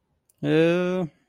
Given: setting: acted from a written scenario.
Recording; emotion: vocal sound without words; neutral